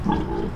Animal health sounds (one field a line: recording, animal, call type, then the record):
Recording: contact call of a hoofed animal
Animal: wild boar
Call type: grunt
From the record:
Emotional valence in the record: negative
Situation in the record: naturally occurring agonistic interactions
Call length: 0.55 s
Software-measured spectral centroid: 1220 Hz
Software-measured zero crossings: 860 a second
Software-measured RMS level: -24 dBFS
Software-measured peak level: -10 dBFS